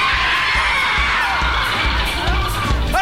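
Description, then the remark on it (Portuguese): A crowd of young girls screams continuously at high pitch, loud and overlapping, with shrill whoops rising out of the dense, sustained wall of shrieking. “Algumas pessoas, as mais frágeis, desmaiam. As mocinhas gritam.”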